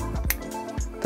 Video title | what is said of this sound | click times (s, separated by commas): Napoleon Phantom P500 umbauen: Gasgrill auf 220V Stromversorgung umrüsten | I take this "AA" dummy and put it in the adapter. That locks into place. | 0.3 s